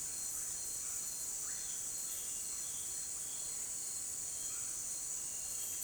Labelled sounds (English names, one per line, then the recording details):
none
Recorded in dense forest near Puerto Asís, Putumayo, Colombia, on 22 June 2025 at 17:30
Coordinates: 0.484, -76.325
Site H65